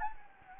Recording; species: mosquito wingbeat signal from an infrared sensor; Anopheles gambiae